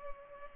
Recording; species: mosquito wingbeat signal from an infrared sensor; Culex pipiens